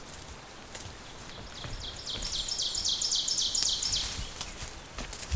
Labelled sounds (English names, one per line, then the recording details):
Ovenbird song
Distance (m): 30 m
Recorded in boreal forest in Alberta, Canada, on 14 June 2016 at 06:04
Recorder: SongMeter 3, array SBT-3-33
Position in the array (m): 107 m, 21 m
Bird 21